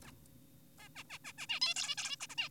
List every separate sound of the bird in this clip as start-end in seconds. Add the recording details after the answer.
0.05-0.11, 0.79-0.89, 0.96-1.04, 1.10-1.18, 1.24-1.33, 1.38-1.46, 1.49-1.60, 1.62-1.74, 1.76-1.96, 1.98-2.16, 2.20-2.27, 2.30-2.35, 2.38-2.49. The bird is an adult. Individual g4p5U